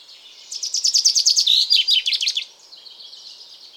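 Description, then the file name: Common chaffinch song, one full phrase: a run of rapid, evenly repeated notes followed by a descending flourish, then soft high chatter. "Fringilla coelebs"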